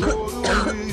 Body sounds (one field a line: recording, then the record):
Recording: coughing mixed with background sound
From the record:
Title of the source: female coughing - coughing sound effects girl